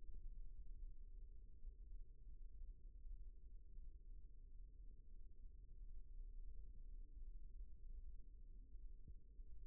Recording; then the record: forearm muscle sounds (acoustic myography)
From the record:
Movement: rest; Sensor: system 1, eight BSWA MPA416 microphones around the upper forearm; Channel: 2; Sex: male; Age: 18 years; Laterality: right